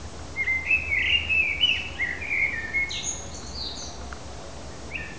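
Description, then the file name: Eurasian blackbird delivering a quick run of warbled, slurred notes, followed by a few thin high notes and then quiet, with a low rumbling hum throughout. "KOS"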